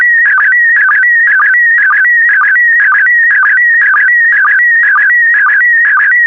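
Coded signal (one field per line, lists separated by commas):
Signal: SSTV (slow-scan television)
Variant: PD120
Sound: warbling, chirpy tone shifting in pitch, with a rhythmic low blip about twice per second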